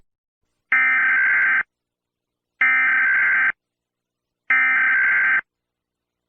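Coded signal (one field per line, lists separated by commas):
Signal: Emergency Alert System (SAME) tones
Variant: header bursts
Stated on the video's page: Accidental EAS activation.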